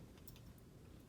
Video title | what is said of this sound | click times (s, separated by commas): How to use a Marker (Pre-K) | wait, that's not it. I need to make sure I hear it click. | none